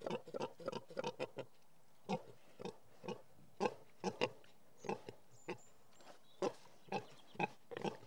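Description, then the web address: Pigs grunting in short, rough bursts, several animals overlapping in quick irregular runs. Several pigs in a field. "BBC Sound Effects Library. Pigs In Field"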